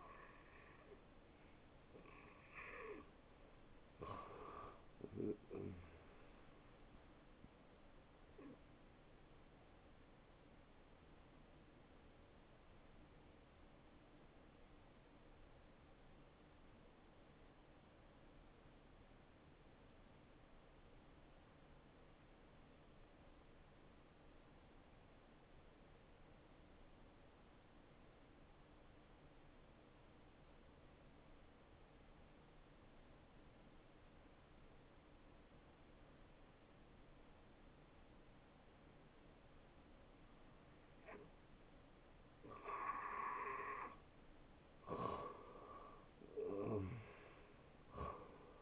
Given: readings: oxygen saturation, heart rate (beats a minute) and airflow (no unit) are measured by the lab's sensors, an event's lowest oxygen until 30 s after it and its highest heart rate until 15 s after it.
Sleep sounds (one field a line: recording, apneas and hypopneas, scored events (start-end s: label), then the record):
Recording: breathing in sleep by a voice recorder at the bedside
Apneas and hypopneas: 1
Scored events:
5.00-48.62 s: new sleep stage, N1 (lightest sleep)
12.00-42.90 s: hypopnea (N1, oxygen 94% highest, then 85% lowest, heart rate 75 at the start, 76 highest)
From the record:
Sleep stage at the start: N2 (light sleep)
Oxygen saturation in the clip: 80 to 94%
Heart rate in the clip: 67 to 79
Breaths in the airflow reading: 7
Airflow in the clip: -10.1 to 6.1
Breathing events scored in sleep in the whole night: 263 in 5.5 hours asleep